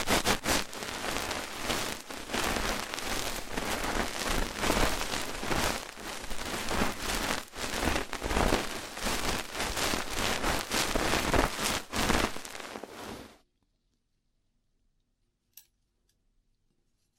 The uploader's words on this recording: ASMR Rough Ear Cleaning (No Talking).